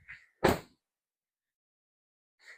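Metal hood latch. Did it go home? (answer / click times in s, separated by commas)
released / 0.5 s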